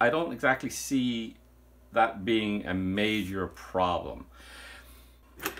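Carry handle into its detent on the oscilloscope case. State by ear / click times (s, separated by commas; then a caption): seated / 5.5 s. Someone talks, then the folding carry handle on the plastic case of an SDS804X-HD bench oscilloscope is moved and snaps firmly into its detent with a sharp click at 5.5 s. The handle seats very positively.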